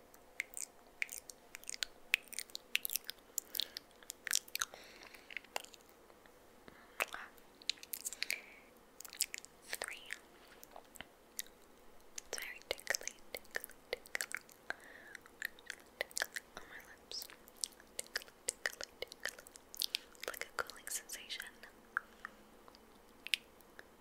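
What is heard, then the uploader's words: Mouth sounds fill the recording: wet clicks, smacks and sticky lip pops arriving in quick, irregular bursts throughout. The crisp, bright snaps sit over a quiet background, with occasional soft breaths or murmured bits between clusters of clicks. ASMR 25 Layers Of Lipgloss (Kisses, Counting, Tracing, Mouth Sounds).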